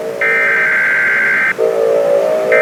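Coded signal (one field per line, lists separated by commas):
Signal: Emergency Alert System (SAME) tones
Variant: header bursts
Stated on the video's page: Fictional EAS scenario, simulated alerts including a local area emergency, a dangerous chemical warning and an Emergency Action Notification.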